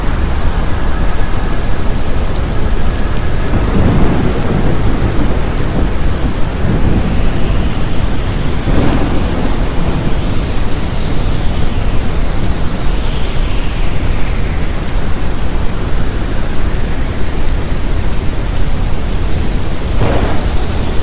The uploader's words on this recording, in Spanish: La combinación calmante de un suave ruido rojo con sonidos de tormentas. Ruido Rojo con Trueno.